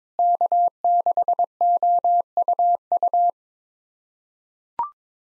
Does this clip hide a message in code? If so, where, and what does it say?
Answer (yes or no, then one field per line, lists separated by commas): yes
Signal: Morse code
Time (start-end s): 0.2-3.3 s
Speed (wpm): 22 wpm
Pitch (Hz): 700 Hz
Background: none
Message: K6OUU